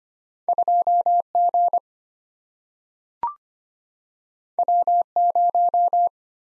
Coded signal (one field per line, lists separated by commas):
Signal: Morse code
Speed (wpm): 25 wpm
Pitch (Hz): 700 Hz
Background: none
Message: 2G W0